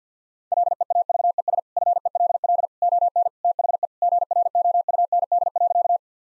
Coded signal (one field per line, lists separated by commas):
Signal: Morse code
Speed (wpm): 50 wpm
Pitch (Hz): 700 Hz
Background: none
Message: LEAVES FELL ON THE GROUND.